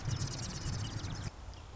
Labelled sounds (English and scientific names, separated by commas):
Marsh Wren (Cistothorus palustris)